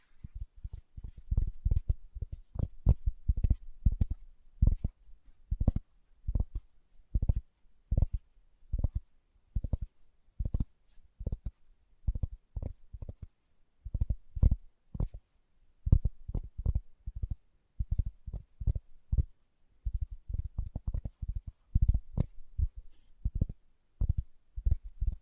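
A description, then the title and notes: Fingertips tap in a steady stream of soft, dull knocks, mostly low and thumpy, a few every second. The rhythm loosens into brief pauses around the middle, then quickens into tighter clusters near the end, over a faint hiss. ASMR Tapping with Fingertips (No Talking).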